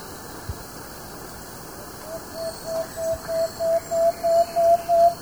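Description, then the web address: Plain-backed antpitta starting a series of hollow whistles that swell in loudness and climb slightly in pitch, about three notes per second, over faint insect hiss. Ecuador. "Birds of Ecuador. Plain-backed Antpitta"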